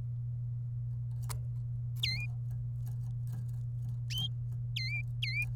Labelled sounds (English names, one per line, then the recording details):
Domestic Canary song
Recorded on 27 April 2018 at 13:03
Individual llb3